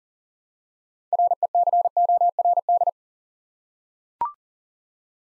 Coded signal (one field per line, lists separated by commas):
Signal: Morse code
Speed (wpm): 42 wpm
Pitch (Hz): 700 Hz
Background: none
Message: RECORD